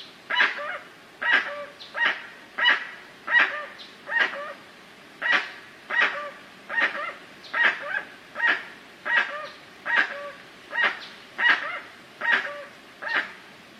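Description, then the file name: Guan calls: harsh honking notes repeated about once a second in a steady series, several with a brief lower tail. "canto do jacu"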